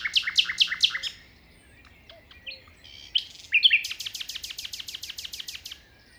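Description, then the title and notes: Common nightingale singing a pulsed series of loud notes, then whistles and a fast rattling trill of rapid repeated clicks, with faint wind behind. Beside a path on the Plateau de Lesches en Diois, 21 May 2019 at 5:05 am; windy; recorded in stereo with a Nagra Seven and MKH40 microphones. "Plateau de Lesches en diois. un rossignol en bord de chemin"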